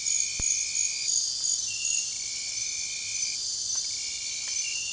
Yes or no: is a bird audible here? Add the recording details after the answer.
no. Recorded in dense forest near Puerto Asís, Putumayo, Colombia, on 29 June 2025 at 00:30. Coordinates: 0.466, -76.327. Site GP04